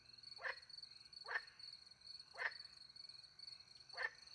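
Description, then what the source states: Frog giving four short croaks over a thin high cricket trill. Frogs with crickets at night in countryside beside a little pond in France; microphones hidden in a tree, two Usi Pro microphones into a MixPre-10 II recorder.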